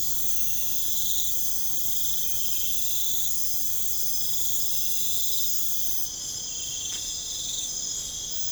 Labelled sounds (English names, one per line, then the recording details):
none
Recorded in pastures near Puerto Asís, Putumayo, Colombia, on 21 December 2024 at 04:00
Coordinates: 0.496, -76.326
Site G004